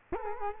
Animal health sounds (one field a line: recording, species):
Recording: mosquito wingbeat signal from an infrared sensor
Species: Culex quinquefasciatus